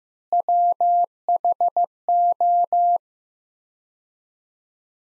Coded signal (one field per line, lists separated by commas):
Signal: Morse code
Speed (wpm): 15 wpm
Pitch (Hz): 700 Hz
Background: none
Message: WHO